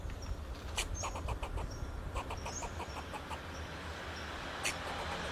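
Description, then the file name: Fox squirrel giving scattered clucking notes and a few sharp clicks over a heavy low rumble and faint high whistles. "Sound of a Fox Squirrel"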